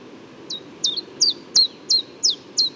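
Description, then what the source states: Common chiffchaff song of evenly spaced, high, falling notes, roughly three a second, with a single sharp click midway and a faint background hum. Newly arrived migrant, not yet paired with females; morning, Bois de Vincennes, 6 April 2018.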